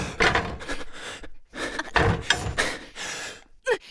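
A door being opened, with a series of rough, rattling wooden bursts and scrapes over a few seconds, ending in a short sharp knock. No one speaks.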